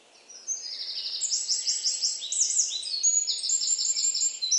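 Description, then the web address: Bird calling in fast series of bright, downward-sliding notes, some overlapping at different pitches. "Deverinetal 2025 File origin Bird Only"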